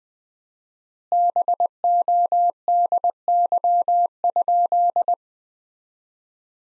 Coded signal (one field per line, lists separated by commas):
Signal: Morse code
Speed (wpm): 20 wpm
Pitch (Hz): 700 Hz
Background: none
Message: BODY?